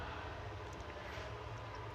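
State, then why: Not seated. Someone presses the two halves of an electric drill's plastic outer housing together over the switch and wiring, but the body does not lock shut because one wire is in the way. Only a steady low background rumble is heard, and nothing has clicked or seated.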